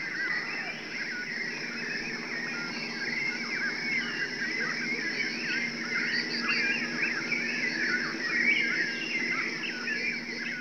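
Birds calling in a dense, chattering chorus of many overlapping chirps and twitters, continuous throughout with no clear pauses.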